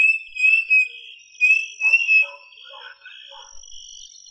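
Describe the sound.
Bird calls: short, loud, slightly wavering whistles in two bursts, then softer chirps, over a steady high ringing hum throughout.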